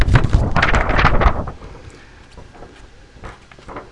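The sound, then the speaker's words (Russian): Crinkly rustling of a thin, flexible, transparent blue plastic (polyethylene) flexi-disc record being bent and handled, a dense burst of crackles for over a second, then fainter scattered crinkles and taps. “Она гибкая, прозрачная, такая синенького цвета. На ней написано «Кругозор». Вот слушайте, как она шелестит.”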